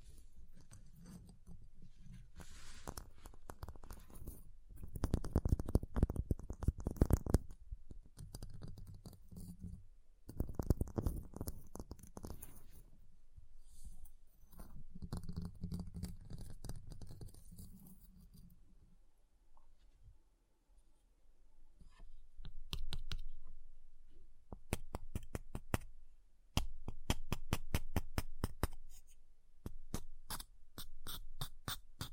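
Ice being scratched and carved, with dense gritty scraping bursts that swell and fade, loudest around five to eight seconds and again near fifteen. After a quiet stretch near twenty seconds, quick sharp taps and clicks come in rapid runs through the end.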